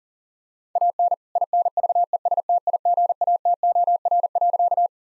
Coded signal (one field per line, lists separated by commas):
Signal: Morse code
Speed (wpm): 40 wpm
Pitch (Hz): 700 Hz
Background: none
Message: AN INVESTIGATOR.